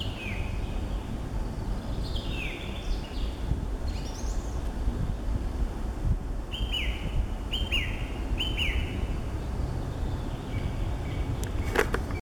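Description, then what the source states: Song thrush singing whistled phrases, some repeated several times in quick succession, over a steady low background rumble. Recorded 23 April 2015.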